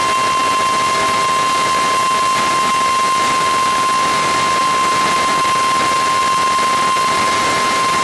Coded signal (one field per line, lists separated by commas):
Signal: Emergency Alert System (SAME) tones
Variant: 1050 Hz attention tone